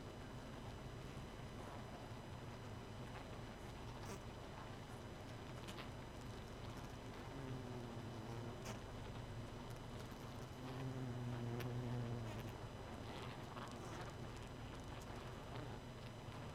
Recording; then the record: honeybee colony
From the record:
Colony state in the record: missing queen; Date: 31 May 2018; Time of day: 0:30